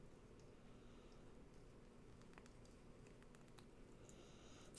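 A plastic model kit part that was not fully seated is pressed further into its mating part. Quiet rustling and faint plastic ticks sound over low background noise, with a sharp snap at 2.4 s as the part seats fully home.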